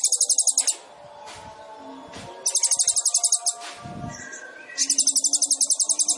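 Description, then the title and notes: Sunbird song: rapid very high pulsed trills in three bouts, quiet gaps between them carrying faint background noise. Indonesian masteran training recording for songbirds; song with fills (isian) and shots (tembakan), described as gacor and suited as a lure (pancingan). "MASTERAN KOLIBRI NINJA FULL ISIAN DAN TEMBAKAN COCOK BUAT PANCINGAN. Suara Burung Kolibri Ninja Gacor"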